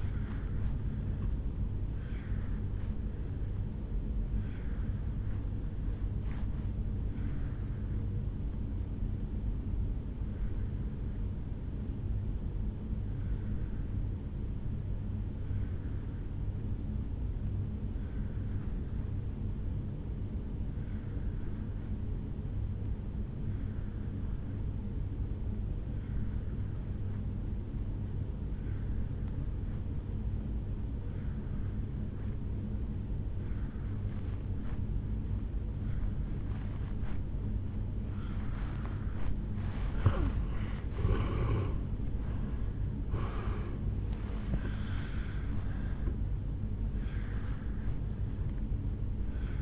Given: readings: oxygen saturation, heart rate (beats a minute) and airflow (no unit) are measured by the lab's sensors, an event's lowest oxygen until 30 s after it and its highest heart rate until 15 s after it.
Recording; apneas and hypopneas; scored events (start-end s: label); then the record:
breathing in sleep by a smartphone at the bedside; 1
9.00-40.10 s: obstructive apnea (N1, oxygen 96% highest, then 82% lowest, heart rate 59 at the start, 75 highest)
17.00-49.62 s: new sleep stage, N2 (light sleep)
From the record:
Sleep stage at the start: N1 (lightest sleep); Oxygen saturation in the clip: 83 to 96%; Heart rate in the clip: 56 to 77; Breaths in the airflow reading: 4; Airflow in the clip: -15.6 to 8.1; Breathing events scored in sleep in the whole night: 449 in 7.0 hours asleep